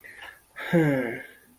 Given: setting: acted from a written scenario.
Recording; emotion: vocal sound without words; embarrassment